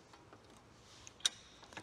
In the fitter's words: There we go, locks in place, drum's in position.